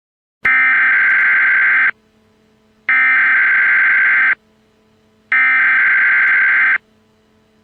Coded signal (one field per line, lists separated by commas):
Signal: Emergency Alert System (SAME) tones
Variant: header bursts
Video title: EAS scenario #4: Super bowl massacre